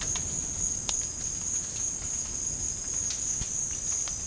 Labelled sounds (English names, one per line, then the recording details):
none
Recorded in dense forest near Puerto Asís, Putumayo, Colombia, on 29 June 2025 at 14:00
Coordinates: 0.481, -76.323
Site G072